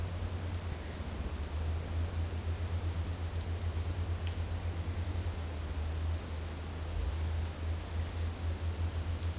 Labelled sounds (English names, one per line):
none